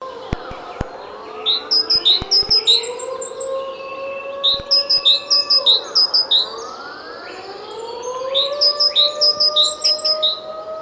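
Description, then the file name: Great tit giving bursts of short high chirping notes in quick runs, set against a steady rising siren-like whine and a few sharp clicks. "Parus major"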